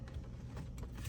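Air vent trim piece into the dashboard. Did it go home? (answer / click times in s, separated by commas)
no / none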